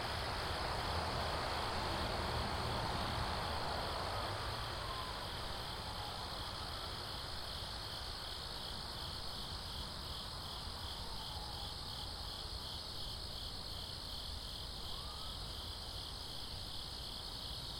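Insects chirr steadily in a backyard, a dense pulsing band that stays bright and unbroken throughout. Beneath them, traffic on a nearby road rumbles low, loudest in the first few seconds as a vehicle passes, then settling into a softer wash.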